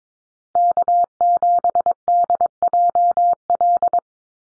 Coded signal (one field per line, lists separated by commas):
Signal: Morse code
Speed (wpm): 22 wpm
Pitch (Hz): 700 Hz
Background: none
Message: K7DJL